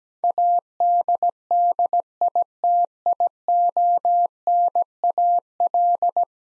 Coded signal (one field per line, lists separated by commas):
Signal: Morse code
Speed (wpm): 17 wpm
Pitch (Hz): 700 Hz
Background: none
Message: ADDITIONAL